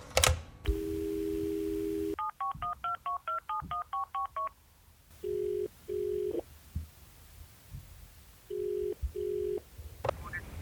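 A steady dial tone gives way to a quick run of about a dozen touch-tone dialing beeps, then the line rings with pairs of short, low electronic buzzes separated by pauses.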